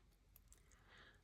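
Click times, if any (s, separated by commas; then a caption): 0.4 s, 0.5 s. A small metal clasp on a journal jewelry dangle is closed. Two faint, sharp clicks are heard at 0.4 s and 0.5 s over a low background hiss. The clasp snaps shut and is confirmed closed.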